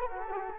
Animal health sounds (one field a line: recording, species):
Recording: mosquito wingbeat signal from an infrared sensor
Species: Culex quinquefasciatus